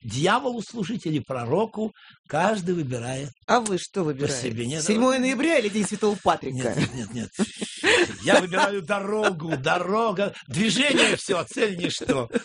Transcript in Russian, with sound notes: Дьяволу служить, или пророку, каждый выбирает по себе.
А Вы что выбираете? 7 ноября или день св. Патрика? (смеется)
Нет, нет, нет. Я выбираю дорогу. Дорога, движение, все, а что цель – ничто.